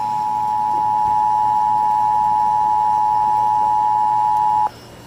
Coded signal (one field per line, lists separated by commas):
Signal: Emergency Alert System (SAME) tones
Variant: 853 and 960 Hz attention tone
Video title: EAS Tests from 7/03/22 (EAS 3826-3832)